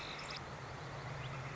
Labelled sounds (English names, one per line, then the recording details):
Northern Flicker
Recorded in Sonoma County, California